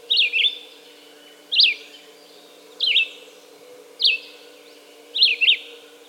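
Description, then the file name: Red-eyed vireo song of clipped whistled phrases, each rising then dropping, repeated about every second over a faint hum. "red-eyed vireo song by jonathon jongsma"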